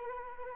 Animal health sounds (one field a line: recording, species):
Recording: mosquito wingbeat signal from an infrared sensor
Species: Anopheles arabiensis